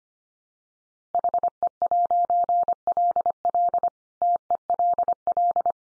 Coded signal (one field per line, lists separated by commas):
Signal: Morse code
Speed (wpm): 25 wpm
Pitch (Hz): 700 Hz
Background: none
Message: HE'LL TELL